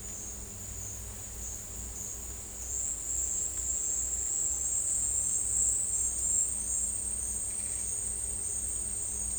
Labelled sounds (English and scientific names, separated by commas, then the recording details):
none
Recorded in dense forest near Puerto Asís, Putumayo, Colombia, on 16 December 2024 at 12:00
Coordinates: 0.466, -76.327
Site G075